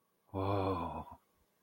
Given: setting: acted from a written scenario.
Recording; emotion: vocal sound without words; awe